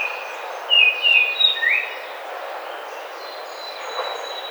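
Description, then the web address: Baltimore Oriole giving a short series of four clear whistled notes, the last one slurred upward, then steady rushing background noise with faint high tones. Recorded on 28 May 2009. "Baltimore Oriole 2009 05 28"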